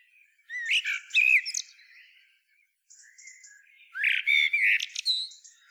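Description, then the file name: Eurasian blackbird song: a warbled phrase with squeaky high notes, a soft twittering pause, then a second loud, slurred phrase about three seconds later. "Turdus merula"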